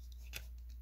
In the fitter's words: that down until you hear that snap flip